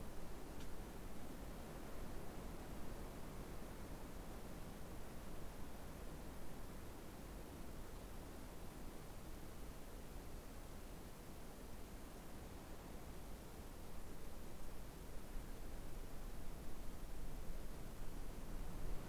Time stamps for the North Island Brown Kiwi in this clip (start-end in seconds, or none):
none